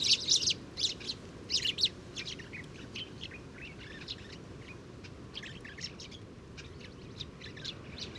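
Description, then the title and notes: Sudan golden sparrow flock chirping: a burst of loud, high, sharp chirps in the first two seconds, then softer scattered twittering. Family flocks, very common in oases, at Oued Enoicre, Tagant, Mauritania, 7 March 2019; birds gather at an evening roost; recorded in the morning with a Tlp7 and MixPre 3. "Moineau doré ou Moineau jaune - Mauritanie. 7 mars 2019-Oued Enoicre - Tagant - Mauritanie"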